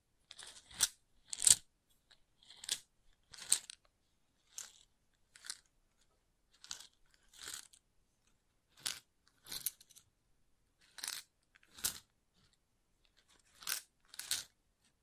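Wood triggers tapped, scraped and crunched in short, separate bursts, about one or two each second with silent gaps between. Each burst is brief, dry and crisp with a bright edge, some landing in quick doubled pairs. Nothing else is heard underneath.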